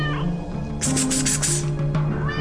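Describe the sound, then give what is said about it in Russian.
A kitten under a stairway by the exit of an apartment building entrance meows in drawn-out, wavering cries, with a breathy, noisy stretch in the middle before the mewing carries on. The sound is fairly loud and steady, and nobody speaks. “Шабли уже была у самого выхода из подъезда, как вдруг услышала мяуканье котенка.”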